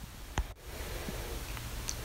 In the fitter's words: it in by hand until you hear it all snap into place now